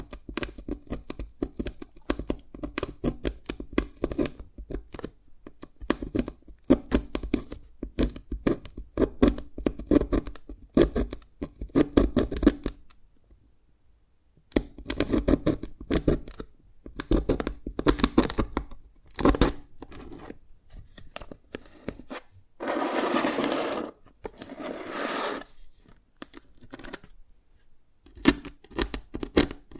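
Dalgona candy is tapped and cracked in quick, dense bursts of sharp clicks and brittle snaps, crisp from low to bright. The activity comes in clustered runs with a near-silent pause around 13–14 seconds, a scraping, rustling stretch near 23 seconds, and sparse taps at the end.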